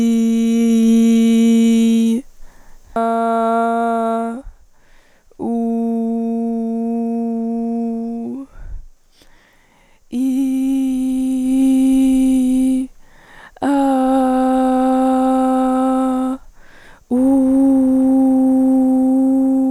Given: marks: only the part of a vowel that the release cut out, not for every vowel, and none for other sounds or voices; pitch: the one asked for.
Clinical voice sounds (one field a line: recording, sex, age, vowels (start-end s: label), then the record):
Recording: sustained vowels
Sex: female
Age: 20 to 29 years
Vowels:
0.00-1.94 s: vowel /i/, normal pitch
3.06-4.11 s: vowel /a/, normal pitch
5.74-7.70 s: vowel /u/, normal pitch
11.53-12.70 s: vowel /i/, high pitch
14.23-16.19 s: vowel /a/, high pitch
17.53-19.50 s: vowel /u/, high pitch
From the record:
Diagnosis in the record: healthy voice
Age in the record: 21 years